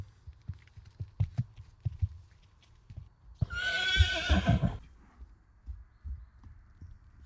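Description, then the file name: Horse hooves clopping steadily, then a quavering whinny lasting about one and a half seconds, followed by more scattered hoof sounds. "hevonen hirnuu"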